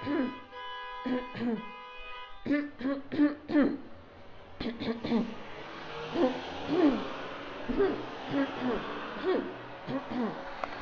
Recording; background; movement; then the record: throat clearing; traffic; walking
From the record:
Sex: female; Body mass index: 21.8 kg/m2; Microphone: on the chest, facing outward